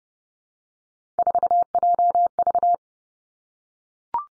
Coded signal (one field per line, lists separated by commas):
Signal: Morse code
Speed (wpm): 30 wpm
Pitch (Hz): 700 Hz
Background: none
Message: 4JV